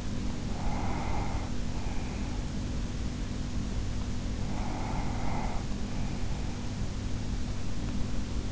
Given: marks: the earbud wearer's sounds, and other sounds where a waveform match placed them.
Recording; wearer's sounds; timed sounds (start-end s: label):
sounds in sleep by an in-ear microphone; breath
0.00-2.71 s: breath
4.46-6.92 s: breath